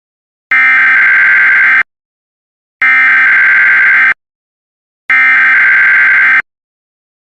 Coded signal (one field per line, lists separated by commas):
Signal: Emergency Alert System (SAME) tones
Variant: header bursts